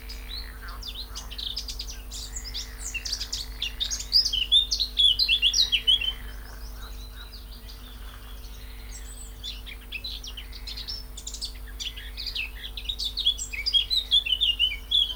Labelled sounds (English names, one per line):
Eurasian Blackcap